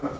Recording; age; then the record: pig call; growing-finishing pig (85 days or more)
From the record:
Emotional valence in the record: positive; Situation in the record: run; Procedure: transit